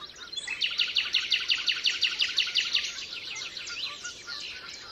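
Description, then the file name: Common nightingale delivering a fast series of loud, sharply repeated notes that softens into quieter chirps at the end. Recorded 27 April 2014 at the Altmühlsee. "Nachtigall. Altmuehlsee. Susanne Rieck"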